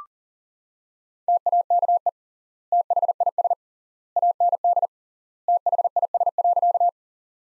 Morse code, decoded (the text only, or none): TAKE THIS AND THIS.